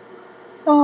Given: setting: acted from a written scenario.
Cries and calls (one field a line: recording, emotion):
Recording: vocal sound without words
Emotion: contentment